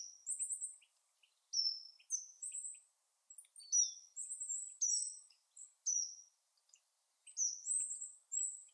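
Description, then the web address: Bird calls: high, thin chirps and short descending whistled notes in loose bursts, repeated irregularly over several seconds. "Bird Only"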